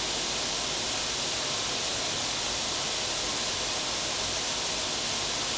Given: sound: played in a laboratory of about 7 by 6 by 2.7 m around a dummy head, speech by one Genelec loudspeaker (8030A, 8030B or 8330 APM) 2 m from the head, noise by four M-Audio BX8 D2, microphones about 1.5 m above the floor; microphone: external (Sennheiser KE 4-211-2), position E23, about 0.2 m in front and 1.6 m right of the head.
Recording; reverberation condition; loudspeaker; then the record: white noise; medium; four, about 170 cm from the corners of the room and facing them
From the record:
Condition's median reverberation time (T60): about 510 ms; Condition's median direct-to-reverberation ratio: about -0.5 dB